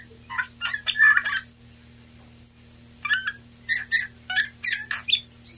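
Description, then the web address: Eurasian bullfinch song in two bursts of scratchy, creaky notes with a few piping whistles, separated by about a second and a half of quiet; faint hum underneath. Male; recorded 23 March 1992. "Male Pyrrhula pyrrhula. pyrrhula 23 03 92"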